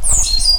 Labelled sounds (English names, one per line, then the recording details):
Stitchbird song
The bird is a male
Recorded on Tiritiri Matangi Island, New Zealand, in 2005
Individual 12, of nest box 16